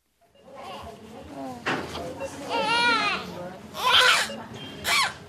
A baby girl's just been born at Akanksha Hospital. Wrapped tightly in a blue blanket, only her face is visible as she lets out another cry.